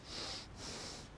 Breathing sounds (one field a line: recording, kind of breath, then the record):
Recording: one breath in and out by a microphone near the nose and mouth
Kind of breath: strong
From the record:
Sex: male